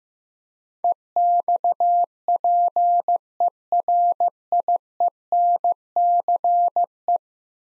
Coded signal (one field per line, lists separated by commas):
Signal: Morse code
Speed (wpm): 15 wpm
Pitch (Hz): 700 Hz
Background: none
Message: EXPERIENCE